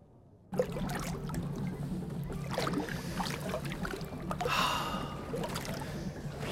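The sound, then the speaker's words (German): Water sloshing and splashing around a rowed gondola, with intermittent oar strokes over a steady low rumble; it begins abruptly and stays at an even, moderate level with no voices. “Ich schlage vor, wir machen dann eine Spazierfahrt zu Wasser in einer Gondel.”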